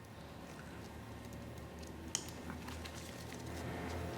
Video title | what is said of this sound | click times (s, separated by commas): How to LS Swap - Episode 6 - Fuel Tank | orientate the plug so it can go right onto our fuel pump and you'll hear a nice click | 2.1 s